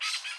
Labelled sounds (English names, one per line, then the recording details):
Brown-throated Parakeet contact call
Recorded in Curacao
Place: just S of Landhuis Groot St. Joris
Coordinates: 12.116, -68.830